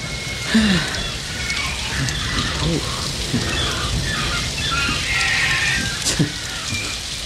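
Heavy tropical rain, heard from inside a car, pours down in a steady, dense roar of hissing and drumming, holding at an even loudness throughout with only slight swells.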